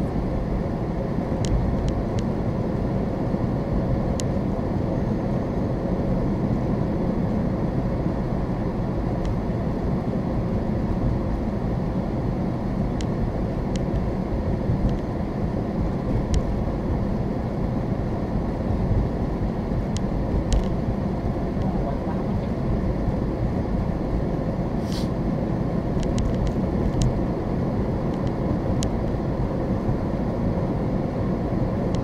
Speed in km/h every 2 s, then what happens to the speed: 48, 52, 53, 52, 48, 44, 42, 44, 45, 45, 44, 45, 48, 50, 55, 56.
0-5 steady at about 52. 5-12 slows to 42. 12-23 steady at about 44. 23-32 speeds up to 56.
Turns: none.